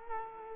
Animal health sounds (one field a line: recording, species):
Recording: mosquito wingbeat signal from an infrared sensor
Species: Culex quinquefasciatus